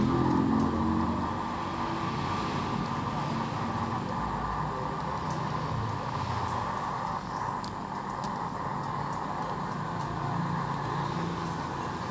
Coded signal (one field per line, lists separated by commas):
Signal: FT8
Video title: QSO MODE DIGITAL FT8 with HR5/F2JD from HONDURAS , 40 METER , Please SUBSCRIBE , LIKE and Share